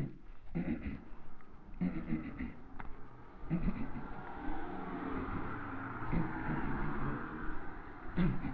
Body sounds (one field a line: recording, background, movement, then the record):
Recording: throat clearing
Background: traffic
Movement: walking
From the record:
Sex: male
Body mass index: 23.7 kg/m2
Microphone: on the chest, facing the body